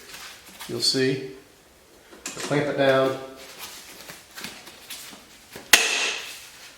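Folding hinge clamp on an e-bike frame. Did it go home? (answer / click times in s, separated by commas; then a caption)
yes / 5.7 s. Someone talks while pressing the folding hinge clamp on a Jetson LX10 electric bike's frame closed, and it shuts with one sharp, loud snap at 5.7 s. The clamp seats and the frame hinge is locked down, with a secondary lock that catches on a groove to hold it if the clamp comes loose.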